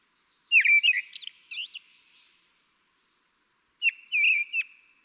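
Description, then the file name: Common blackbird song with two phrases: a looping flute-like warble ending in squeaks, then, after a silent pause, a shorter whistled phrase with a sharp high note. "Turdus merula"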